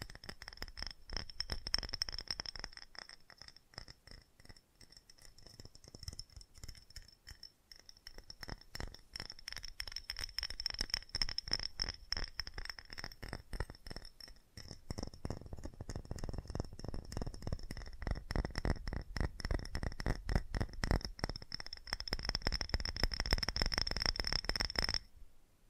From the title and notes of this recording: FAST TAPPING (No Talking).